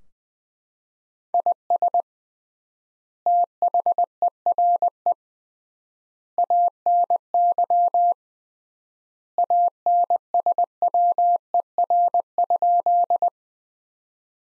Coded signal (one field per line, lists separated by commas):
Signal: Morse code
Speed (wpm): 20 wpm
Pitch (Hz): 700 Hz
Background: none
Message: IS THERE ANY ANSWER?